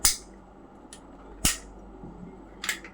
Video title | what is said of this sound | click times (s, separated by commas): Learning Culture @TI-Medical Medical: Ubersonic Synergy Demo - Internal Team View | three clicks. | 0.0 s, 1.4 s, 2.6 s